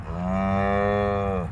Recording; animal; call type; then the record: contact call of a hoofed animal; cattle; low-frequency (closed-mouth) or high-frequency (open-mouth) call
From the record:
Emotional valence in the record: negative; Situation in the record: full separation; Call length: 1.52 s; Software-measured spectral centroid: 1200 Hz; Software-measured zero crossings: 900 a second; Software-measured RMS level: -24 dBFS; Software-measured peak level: -12 dBFS